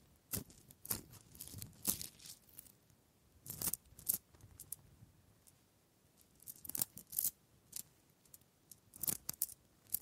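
Wooden trigger sounds: sharp taps and crisp scraping strokes come in clusters, bright and snappy with a dry papery rasp, around 0.5–2 s, 3.5–4 s, 7 s and 9 s. Between the bursts are quiet stretches with faint rustling.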